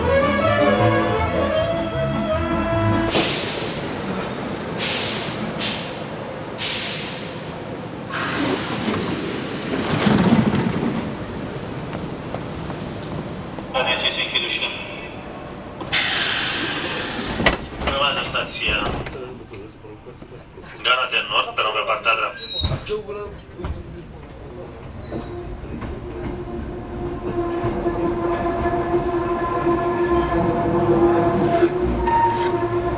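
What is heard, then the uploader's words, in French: A Bucharest street soundscape with a busy, rumbling vehicle or train bed throughout. Sharp bright hissing bursts cut in repeatedly in the first eighteen seconds, with voices faintly mixed in. After about twenty-five seconds a steady low tone settles over the quieter rumble. Carte postale sonore de Bucarest.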